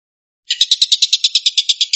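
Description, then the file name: Stork-billed kingfisher bursting into a quick run of harsh, clipped notes, about nine per second, after a brief silence. Tengkek buto giving the "tembakan" or shooting call. "suara tembakan tengkek buto"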